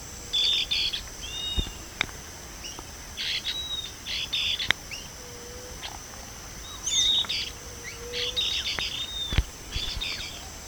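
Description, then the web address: Bird calls: bursts of whistled notes and buzzy chirps come in clusters every second or two, with a few sharp clicks and steady background hiss. "BIRD 2015 SABIOD 50 bird 2015"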